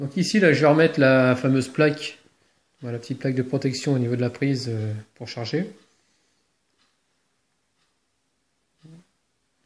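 Someone talks while the small metal protection plate for the charging port of a Samsung Galaxy S4 i19505 smartphone is oriented the right way and lined up over its holes before being pressed home. After a quiet stretch, a brief faint low sound comes at about 8.9 s. Nothing has seated or clicked yet.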